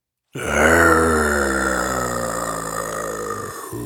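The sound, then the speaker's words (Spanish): A voice imitates the wolf from the Brothers Grimm tale waking up and yawning loudly: one long, deep, groaning vocal sound that starts abruptly, swells, then slowly sinks in pitch and fades over about three seconds. “Era el lobo que se había despertado y estaba bostezando.”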